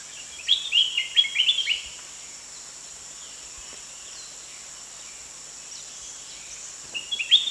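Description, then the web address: Spectacled bulbul giving a burst of short, twittering high notes, then a long quiet stretch before another burst near the end, over a constant insect drone. Recorded at Danum on 1 January 2008. "DANUM 20080101. spectacled bulbul"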